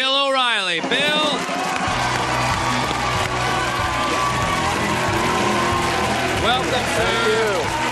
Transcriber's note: soundbite of cheering and applause